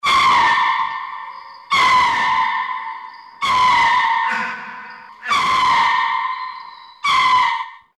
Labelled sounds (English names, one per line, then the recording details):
Ring-tailed Lemur
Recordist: Tembrock, Günter
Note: Rufreihe